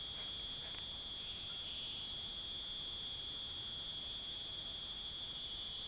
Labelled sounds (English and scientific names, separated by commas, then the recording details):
none
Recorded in secondary vegetation near Puerto Asís, Putumayo, Colombia, on 13 March 2025 at 00:30
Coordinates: 0.489, -76.322
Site G042